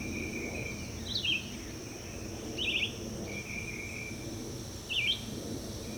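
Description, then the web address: Red-eyed vireo song: three short slurred phrases spaced over several seconds, partly masked by an insect drone and low rumbling background noise. "birds vireos"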